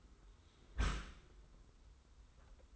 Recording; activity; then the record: daily activity, microphone in the room; close dishwasher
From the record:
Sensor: 3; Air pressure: 990.4 hPa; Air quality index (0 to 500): 195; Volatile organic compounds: 1000 ppm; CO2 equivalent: 6386 ppm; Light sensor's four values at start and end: 39/93/38/36 and 39/93/38/36